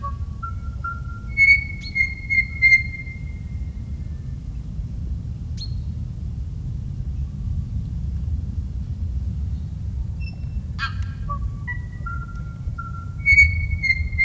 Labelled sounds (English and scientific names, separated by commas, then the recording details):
Tūī (Prosthemadera novaeseelandiae)
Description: Tūī territorial calls
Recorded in New Zealand